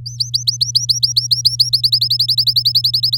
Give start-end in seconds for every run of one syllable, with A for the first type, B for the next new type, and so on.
0.06-1.81 A, 1.83-3.17 B